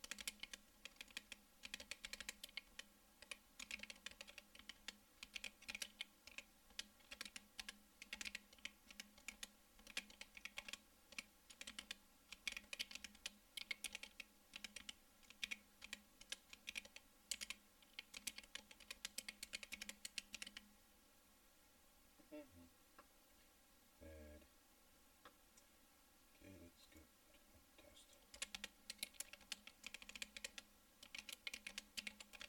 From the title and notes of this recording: Jianovka typing with mic. Typing on my ergonomic keyboard.